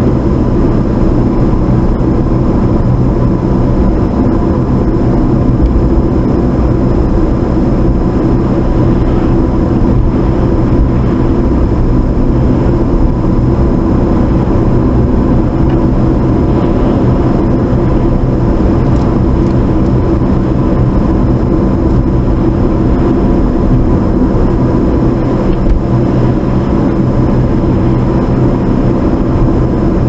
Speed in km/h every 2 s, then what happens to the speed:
50, 50, 50, 50, 48, 47, 48, 52, 50, 50, 52, 50, 50, 50, 50.
0-30 steady at about 50.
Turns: none.